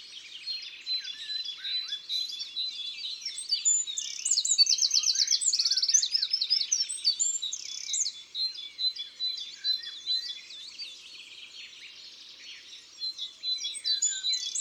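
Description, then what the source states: Eurasian wren belting out a long, energetic song of high twitters with a dense rattling trill near the middle, then a softer restart. Recorded in Isère, France.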